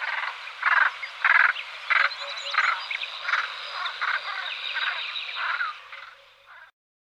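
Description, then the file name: Rook calls: a run of short, harsh, croaking notes over continuous rasping background calls. "Corvus frugilegus"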